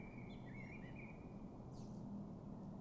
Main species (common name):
Common Blackbird